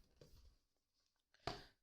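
An iPad Air 3 is pressed into its protective cover, and after a soft rustle and faint handling noises, a single sharp click is heard at 1.5 s. The tablet is seated in the case with a correct fit.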